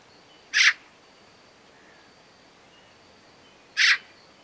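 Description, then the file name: Eurasian magpie producing two separate harsh, noisy chak calls roughly three seconds apart over a quiet, faintly hissing background. "Pica pica"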